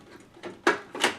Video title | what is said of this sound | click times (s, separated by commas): JuicePresso Platinum vs Slowstar Juicer Review Comparison | and lock it in Juice presso super simple super easy to assemble | 0.7 s